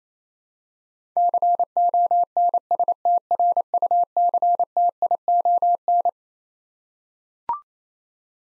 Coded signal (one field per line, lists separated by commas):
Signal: Morse code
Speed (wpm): 28 wpm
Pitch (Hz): 700 Hz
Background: none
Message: CONSTRUCTION